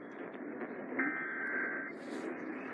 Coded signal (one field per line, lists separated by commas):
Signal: Emergency Alert System (SAME) tones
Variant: header bursts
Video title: Kern County RMT (EAS #1432-1433)